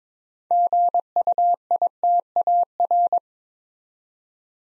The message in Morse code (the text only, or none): GUITAR